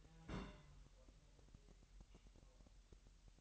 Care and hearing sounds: daily activity, microphone in the room; place on stove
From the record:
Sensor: 3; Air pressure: 1001.9 hPa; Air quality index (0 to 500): 247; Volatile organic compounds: 49 ppm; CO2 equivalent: 3281 ppm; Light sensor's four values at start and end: 6/15/6/6 and 6/15/6/6

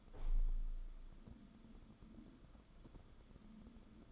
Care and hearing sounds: daily activity, microphone in the room; open window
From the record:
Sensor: 5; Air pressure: 994.5 hPa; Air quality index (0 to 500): 186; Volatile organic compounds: 1000 ppm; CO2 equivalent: 5469 ppm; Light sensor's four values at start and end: 13/32/13/15 and 13/33/13/15

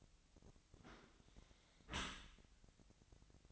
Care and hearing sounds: daily activity, microphone in the room; close dishwasher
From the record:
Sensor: 3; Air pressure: 1003.0 hPa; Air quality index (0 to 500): 197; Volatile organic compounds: 6 ppm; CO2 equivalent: 1920 ppm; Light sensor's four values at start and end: 19/48/20/21 and 19/47/20/21

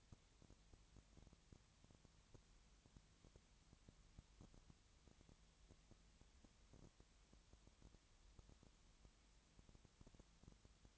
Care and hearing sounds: daily activity, microphone in the room; no activity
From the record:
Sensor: 3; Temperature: 20.6 degrees Celsius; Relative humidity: 34.7%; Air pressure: 1007.2 hPa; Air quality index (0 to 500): 137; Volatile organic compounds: 3 ppm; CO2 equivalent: 1530 ppm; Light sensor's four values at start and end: 2/3/2/2 and 2/3/2/2

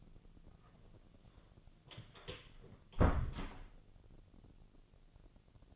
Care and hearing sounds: daily activity, microphone in the room; close door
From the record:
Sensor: 4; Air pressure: 1001.4 hPa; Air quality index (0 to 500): 184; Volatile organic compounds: 2 ppm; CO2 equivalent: 1314 ppm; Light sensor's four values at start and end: 14/33/13/14 and 16/38/15/16

